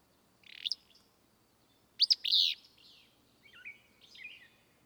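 Willow flycatcher singing two sneezy, burry phrases, the second louder, followed by softer slurred notes.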